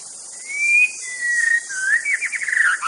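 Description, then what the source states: White-rumped shama whistle: long smooth whistled notes rising then steady, followed by a quick warbled trill, with faint insect hiss. Wild bird from the forest.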